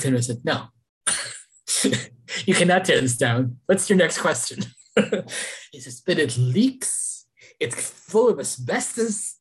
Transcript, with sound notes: I said, “No. You cannot tear this down. What’s your next question?” [laughs] “But it leaks, it’s full of asbestos.